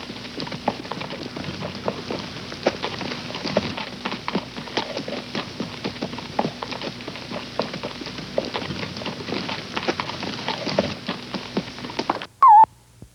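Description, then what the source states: Horse walking, repeated hoof clops in an even patter, ending with a brief high whistled sweep near the close. Long steady walk.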